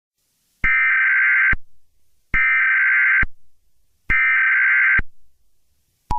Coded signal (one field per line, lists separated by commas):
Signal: Emergency Alert System (SAME) tones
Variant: header bursts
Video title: eas mock; how did he?